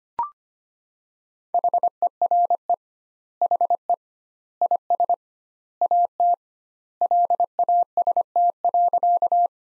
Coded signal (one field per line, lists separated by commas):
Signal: Morse code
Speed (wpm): 25 wpm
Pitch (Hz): 700 Hz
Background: none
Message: HERE HE IS AT LAST.